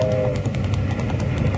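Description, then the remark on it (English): A steam train rumbles along the tracks, a steady low churning with faint rhythmic chugging pulses running underneath, loud and continuous with no voices. “you head down the hill and flag that train to a stop”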